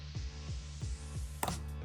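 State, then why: Seated. The first RAM stick, lined up by its notch, is pushed into a motherboard DIMM memory slot while music plays in the background. A single sharp click sounds at 1.4 s. The module is seated and confirmed in.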